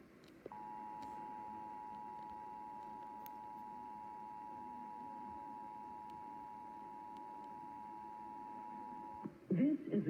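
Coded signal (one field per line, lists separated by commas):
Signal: Emergency Alert System (SAME) tones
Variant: 853 and 960 Hz attention tone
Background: speech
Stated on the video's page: Required Monthly Test for Kentucky, aired on AM radio station at 840 kHz.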